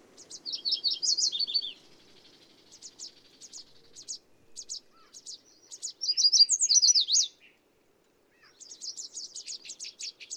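Bird song with two loud warbling, zigzag phrases a few seconds apart, soft high chips filling the gaps, and a brief quiet pause near the end.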